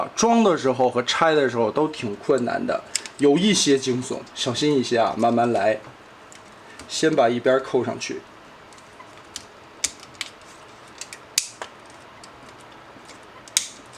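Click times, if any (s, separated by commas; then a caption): 9.8 s, 11.4 s, 13.6 s. Someone talks while fitting one side of a plastic model kit part first, then pushes the part down into the body of a G1 Skyfire robot model. After the talking stops, sharp snaps are heard at about 9.9, 11.4 and 13.6 seconds, alongside a few fainter ticks. The part snaps into place and is seated in its mounting.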